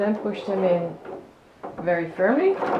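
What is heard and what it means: Someone talks while the rods of a yarn-wrap lamp frame are handled, about to be pushed very firmly into their frame connector pieces until they lock. Nothing has seated or clicked yet.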